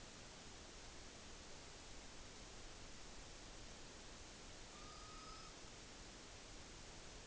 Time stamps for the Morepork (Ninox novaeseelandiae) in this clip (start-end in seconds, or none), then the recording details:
4.68-5.65. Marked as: faintness 3/5. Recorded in New Zealand on 9 October 2013. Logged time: 17:00. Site Ponui